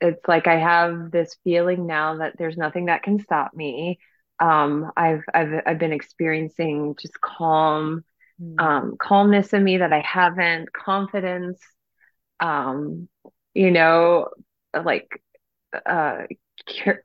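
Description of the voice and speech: Adult woman speaking with stuttering, which she lets show openly: repeated starts such as "I've, I've, I've," drawn-out "um" fillers and frequent pauses break up her speech.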